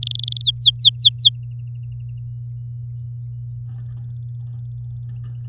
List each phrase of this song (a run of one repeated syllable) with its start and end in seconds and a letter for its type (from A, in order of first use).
0.02-0.38 A, 0.40-1.29 B